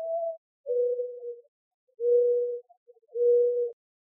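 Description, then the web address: Mourning dove giving a low mournful coo: one brief higher note, then three long, even, hooting notes with short pauses between them. Recorded in Arizona on 28 April 2004. "Doves AZFO MODO 042804. deviche"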